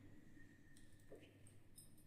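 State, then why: Not seated. The visor of an Axor Apex Hunter helmet, black and red, is pressed down toward the helmet's visor lock. A few faint, small handling taps sound over a steady low hum, with brief bright ticks around 1.5 and 1.8 seconds. Nothing has seated or clicked shut yet; the clip ends just before the visor locks home.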